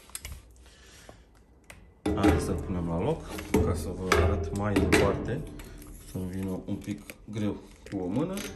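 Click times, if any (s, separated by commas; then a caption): none. A Thule Express 970 tow-bar bike carrier for two bikes is lifted and lined up to go back onto the tow-bar ball, with small knocks from handling its metal frame in the first two seconds. Someone then talks through the rest of the clip. Nothing has seated or clicked onto the ball yet.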